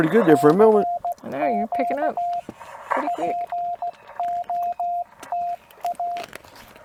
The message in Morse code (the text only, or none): CQ POTA